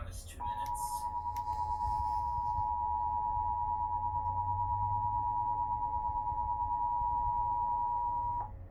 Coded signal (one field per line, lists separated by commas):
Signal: Emergency Alert System (SAME) tones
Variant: 853 and 960 Hz attention tone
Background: speech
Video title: eas rwt Eas#255 - 258 )